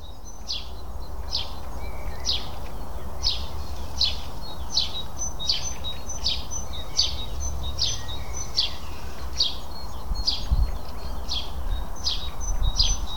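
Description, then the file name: House sparrow giving a steady series of many short, high chirps above a constant low background rumble. "Passer domesticus"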